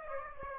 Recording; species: mosquito wingbeat signal from an infrared sensor; Aedes aegypti